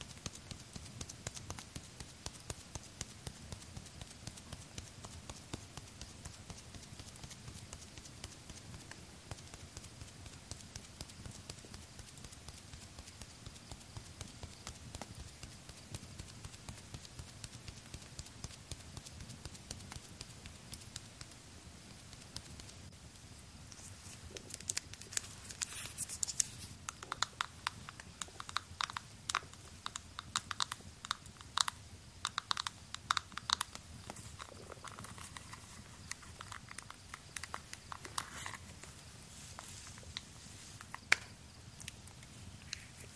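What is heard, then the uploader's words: Quiet tapping and brushing sounds on the face and hair, made of soft rapid clicks over a low rumble. The first half stays gentle and steady; from about 24 seconds sharper, brighter taps and bristly strokes come in denser bursts. TimASMR-Calming Makeup + Hair Brushing at Night (tapping, face touch, no talking) {layered sounds}.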